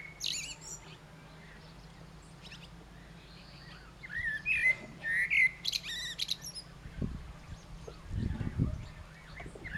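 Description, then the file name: Common blackbird with a brief warbled whistle phrase midway, surrounded by high chirps from other birds and a low background hum with a few dull thumps later. "Turdus merula"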